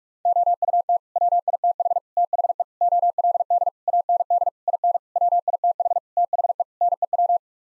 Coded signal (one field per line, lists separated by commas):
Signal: Morse code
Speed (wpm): 41 wpm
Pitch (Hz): 700 Hz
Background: none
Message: OUT WITH THE OLD AND IN WITH THE NEW